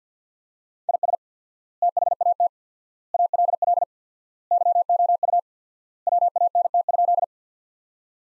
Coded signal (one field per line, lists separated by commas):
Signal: Morse code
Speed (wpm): 47 wpm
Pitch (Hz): 700 Hz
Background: none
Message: IS THAT ALL YOU WANT?